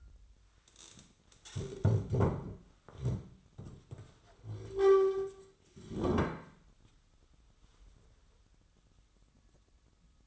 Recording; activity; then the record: daily activity, microphone in the room; stand up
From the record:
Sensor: 3